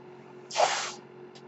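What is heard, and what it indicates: A half-second breathy hiss of air, then a faint brief puff: the airflow of a home mechanical ventilator, heard between a man's spoken phrases.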